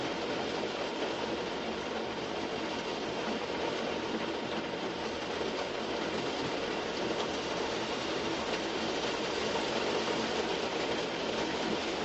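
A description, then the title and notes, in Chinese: Torrential rain pours down on a car, a thick, unbroken roar of countless drops drumming on the roof. The sound holds steady at full strength for the whole stretch, dense and hissing, with a low rumble underneath and no pauses. 陋室谧谧·白雨车居。白雨跳珠乱入车。特大暴雨·京。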